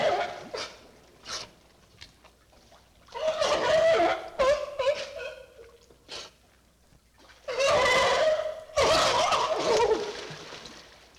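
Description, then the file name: Seal barking: loud, harsh, rough barks in bursts, some drawn out and hoarse, with quieter short calls in between. "G 12-28-Seal Bark"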